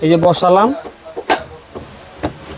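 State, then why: Seated. A Miyako slow juicer's plastic top is lined up with the red alignment marks, placed on the motor base and twisted until it locks. Someone talks at the start, a short knock sounds at about 1.2 s, and a sharp click at 2.3 s marks the top locking into place. The juicer is set up and ready to run.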